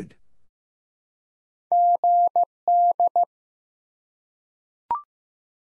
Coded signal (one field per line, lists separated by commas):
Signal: Morse code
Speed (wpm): 16 wpm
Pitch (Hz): 700 Hz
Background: none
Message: GD